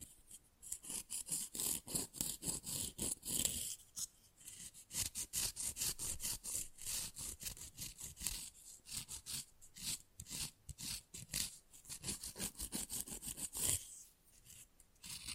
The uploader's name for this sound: Fast & Rough Nail Filing + Tapping